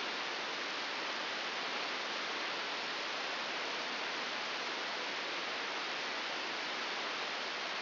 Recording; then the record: brain microelectrode recording played as sound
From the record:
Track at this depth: inside the subthalamic nucleus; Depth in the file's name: 4.208 mm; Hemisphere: right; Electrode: 3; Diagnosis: Parkinson's disease